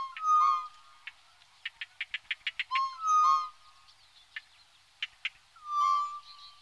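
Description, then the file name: Tropical boubou calls: three low, drawn-out whistles at fairly regular intervals, with dry clicking notes between them. "gonolec ventre blanc"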